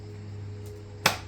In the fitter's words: snaps in place.